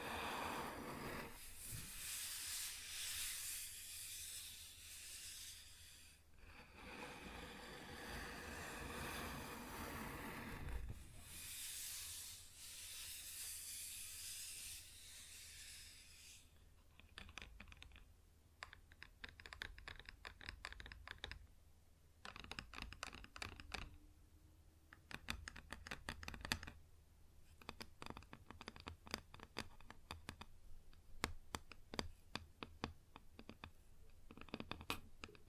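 Scratching across a wood surface fills the first sixteen seconds with dense rasping strokes, then gives way to quick, irregular tapping bursts with pauses.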